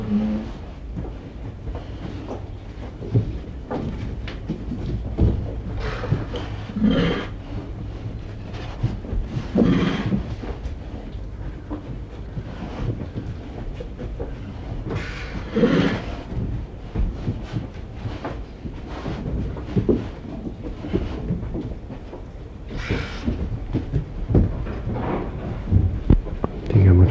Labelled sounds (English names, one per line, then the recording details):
Tiger call
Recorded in captivity
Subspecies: tigris
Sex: female
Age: adult
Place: Zoo Rostock, Mecklenburg-Vorpommern, DE
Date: 1977-11-25 12:10
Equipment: Uher CR 210, Sennheiser MD 421, Tesla-Verstärker, Kopie Uher Variocord
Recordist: Tembrock, Günter